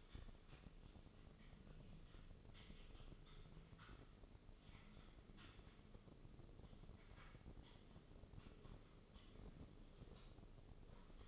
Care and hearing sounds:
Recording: daily activity, microphone in the room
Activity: typing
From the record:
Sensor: 4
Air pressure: 996.0 hPa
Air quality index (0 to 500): 64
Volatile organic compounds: 2 ppm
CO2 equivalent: 1142 ppm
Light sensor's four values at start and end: 14/38/14/14 and 14/38/14/14

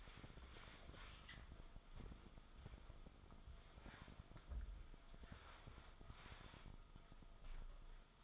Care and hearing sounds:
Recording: daily activity, microphone in the room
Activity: wipe stove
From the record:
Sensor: 5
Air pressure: 1004.9 hPa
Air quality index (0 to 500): 100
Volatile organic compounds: 2 ppm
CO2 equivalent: 1222 ppm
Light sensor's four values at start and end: 33/75/31/31 and 33/74/31/31

